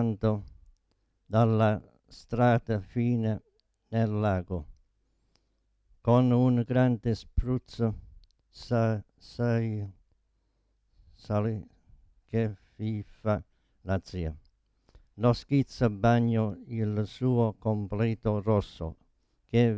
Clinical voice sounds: read passage; Italian; male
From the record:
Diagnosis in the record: Parkinson's disease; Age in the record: 72 years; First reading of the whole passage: 118 s, 4.4 characters per second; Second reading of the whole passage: 99 s, 5.2 characters per second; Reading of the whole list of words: 88 s, 3.2 characters per second

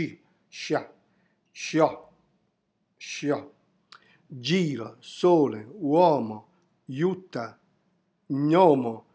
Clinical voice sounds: read list of words; Italian; male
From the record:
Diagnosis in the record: healthy control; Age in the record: 70 years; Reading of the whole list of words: 64 s, 3.8 characters per second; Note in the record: marked for poor recording quality or reading difficulty

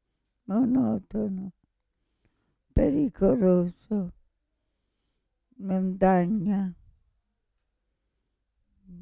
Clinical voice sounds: read list of words; Italian; female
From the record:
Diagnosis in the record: Parkinson's disease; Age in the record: 65 years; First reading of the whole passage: 242 s, 2.1 characters per second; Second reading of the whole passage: 180 s, 2.9 characters per second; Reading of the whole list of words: 168 s, 1.7 characters per second

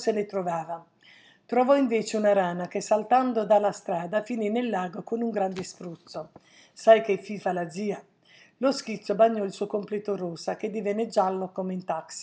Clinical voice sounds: read passage; Italian; female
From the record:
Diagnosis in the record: healthy control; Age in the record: 69 years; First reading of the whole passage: 57 s, 9.1 characters per second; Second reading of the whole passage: 50 s, 10.4 characters per second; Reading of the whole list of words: 47 s, 6.0 characters per second

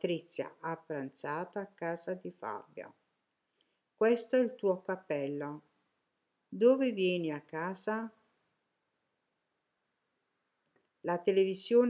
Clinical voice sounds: read phrases; Italian; female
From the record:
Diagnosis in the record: healthy control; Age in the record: 63 years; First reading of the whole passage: 70 s, 6.7 characters per second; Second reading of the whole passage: 71 s, 6.6 characters per second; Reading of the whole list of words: 45 s, 6.3 characters per second

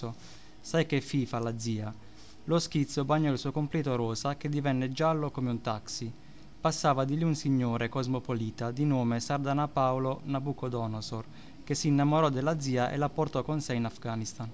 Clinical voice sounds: read passage; Italian; male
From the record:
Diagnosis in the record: healthy control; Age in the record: 29 years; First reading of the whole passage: 42 s, 12.4 characters per second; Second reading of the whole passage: 42 s, 12.2 characters per second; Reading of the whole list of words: 38 s, 7.3 characters per second

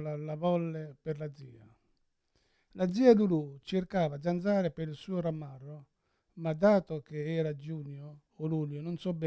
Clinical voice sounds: read passage; Italian; male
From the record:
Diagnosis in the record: Parkinson's disease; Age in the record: 71 years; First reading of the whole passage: 60 s, 8.7 characters per second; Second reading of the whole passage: 57 s, 9.1 characters per second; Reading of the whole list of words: 54 s, 5.3 characters per second

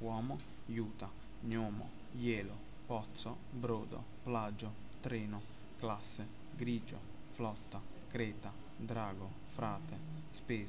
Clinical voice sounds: read list of words; Italian; male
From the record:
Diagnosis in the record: healthy control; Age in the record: 20 years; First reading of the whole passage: 46 s, 11.2 characters per second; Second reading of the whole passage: 43 s, 12.0 characters per second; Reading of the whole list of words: 38 s, 7.5 characters per second

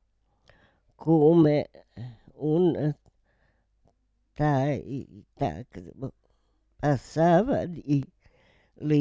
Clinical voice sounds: read passage; Italian; female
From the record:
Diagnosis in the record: Parkinson's disease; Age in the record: 78 years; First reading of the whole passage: 164 s, 3.2 characters per second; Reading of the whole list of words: 108 s, 2.6 characters per second

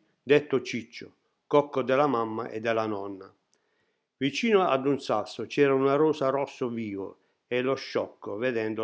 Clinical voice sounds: read passage; Italian; male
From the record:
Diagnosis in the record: healthy control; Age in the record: 68 years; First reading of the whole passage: 60 s, 8.7 characters per second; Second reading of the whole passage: 55 s, 9.3 characters per second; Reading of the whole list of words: 43 s, 6.5 characters per second

